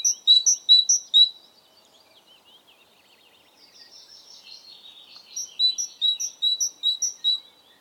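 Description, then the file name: Great tit: a quick run of sharp, high double notes, a pause filled with faint scratchy chatter, then a longer series of ringing two-note phrases. "Parus major"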